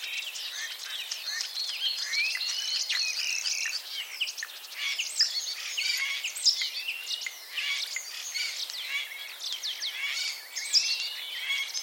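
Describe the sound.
Common starling chatter: a dense, continuous jumble of squeaks, clicks and short whistled notes without pause, with a few thin high notes standing out throughout.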